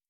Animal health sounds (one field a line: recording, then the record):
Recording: hydrophone in a shrimp aquaculture tank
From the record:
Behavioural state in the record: starved